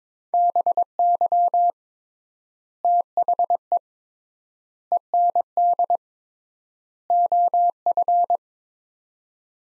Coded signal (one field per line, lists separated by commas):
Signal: Morse code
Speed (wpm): 22 wpm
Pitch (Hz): 700 Hz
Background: none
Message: BY THE END OF